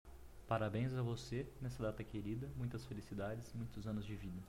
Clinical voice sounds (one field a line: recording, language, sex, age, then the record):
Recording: short text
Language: Brazilian Portuguese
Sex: male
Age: 30 to 39 years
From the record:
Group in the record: control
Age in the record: 32 years